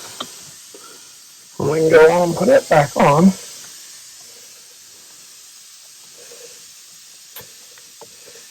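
An electrical plug is pushed onto a fuel injector on a Ford 350 truck engine, and a sharp, short click at 0.2 s shows the connector has seated. Someone then talks over a steady background hiss, with a few faint ticks afterward.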